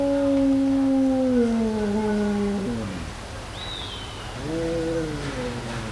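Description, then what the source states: Dog howling: a long, steady, mournful tone that slowly falls, breaks off, then starts again with a second drawn-out howl. A brief faint high whistle sounds between them. Howling in woods.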